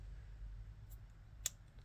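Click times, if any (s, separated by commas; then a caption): 1.5 s. A swivel ring's top is flipped round until its small metal post clicks down into the catch in the ring mounting. A single sharp, bright snap at 1.4 s stands out over a low, steady background hum, with a faint tick near 0.9 s. The post seats in its catch.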